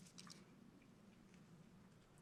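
A small, wiry gapless piston ring is walked around a piston by hand for an Oldsmobile 455. Light ticks and faint scraping are heard, with sharp ticks near 0.2 s, 0.3 s and 2.2 s, but these are only handling noise. The ring has not snapped or seated yet.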